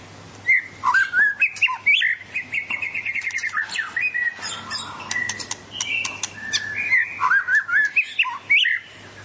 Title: Poksay Jambul Sumatra Suara Keras Juara Nasional